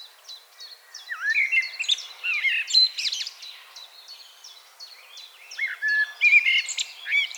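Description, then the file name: Common blackbird with fluty whistles and many short high squeaky notes in two loud bursts, separated by a quieter stretch of soft high notes. "Turdus merula"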